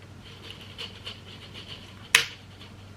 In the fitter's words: so there's the click